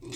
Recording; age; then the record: pig call; weaner (32 to 43 days)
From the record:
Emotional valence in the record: negative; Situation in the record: long isolation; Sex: female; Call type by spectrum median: low-frequency call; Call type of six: mixed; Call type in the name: high-frequency modulated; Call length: 0.16 s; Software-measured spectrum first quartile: 287 Hz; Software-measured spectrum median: 1631 Hz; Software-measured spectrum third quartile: 4918 Hz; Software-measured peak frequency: 330 Hz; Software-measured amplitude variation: 84 dB a second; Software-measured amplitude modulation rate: 12.4 a second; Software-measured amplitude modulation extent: 6.7 dB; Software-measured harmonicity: 3.9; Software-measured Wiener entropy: -3.67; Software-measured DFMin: 1082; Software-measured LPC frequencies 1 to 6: 348, 2138, 2650, 3535, 4046, 5016 Hz